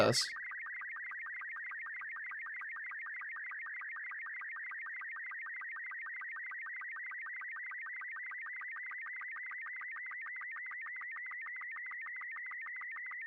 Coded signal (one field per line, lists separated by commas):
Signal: SSTV (slow-scan television)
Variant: Robot 36